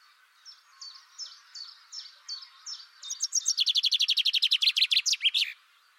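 Bird calls: soft chirps repeated about three times a second, then a loud, fast, buzzy trill of rapid high notes lasting over two seconds before stopping abruptly.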